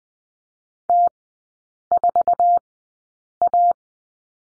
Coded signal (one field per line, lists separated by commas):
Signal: Morse code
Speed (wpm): 20 wpm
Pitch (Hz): 700 Hz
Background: none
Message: T4A